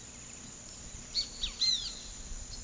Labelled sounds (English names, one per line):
Great Kiskadee